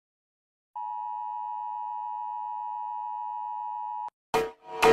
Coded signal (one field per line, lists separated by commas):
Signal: Emergency Alert System (SAME) tones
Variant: 853 and 960 Hz attention tone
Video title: Rating EAS alarms (By how much they scare me)